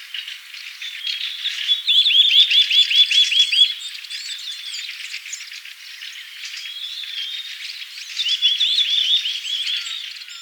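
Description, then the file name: Eurasian nuthatch repeating quick piping notes in two bursts, over softer twittering. "Sitta europaea"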